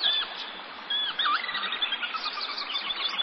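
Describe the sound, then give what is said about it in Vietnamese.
A bird flapping its wings and flying away calls with a few high, sweeping chirps, followed by a busy stream of thin squeaky twitters that carry on steadily at moderate loudness, with no voices. “Nói rồi, chim vỗ cánh bay đi.”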